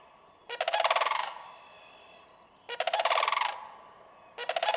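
Sandhill crane bugling, two full rolling, rattled calls and the start of a third, spaced about two seconds apart, quiet background.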